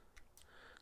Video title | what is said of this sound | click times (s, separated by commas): Most Ergonomic & Efficient Set! - BAHCO ERGO™ - All Round Pliers Tool Set - 4 Pcs #9897 | clicks into place. | 0.4 s